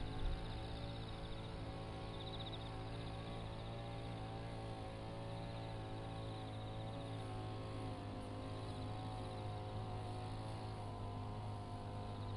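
A brush cutter runs steadily while mowing weeds in a sweet potato field, its engine a constant buzzing drone with a slight rise and dip in pitch around the eighth second. Faint, high insect chirring sits above the engine throughout.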